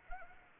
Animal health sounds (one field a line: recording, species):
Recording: mosquito wingbeat signal from an infrared sensor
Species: Anopheles arabiensis